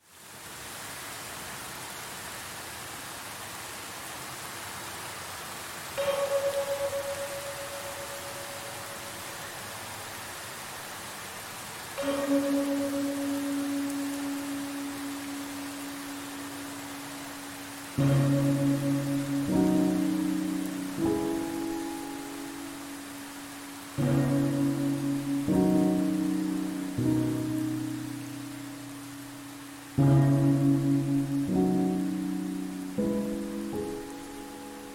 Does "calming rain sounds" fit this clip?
yes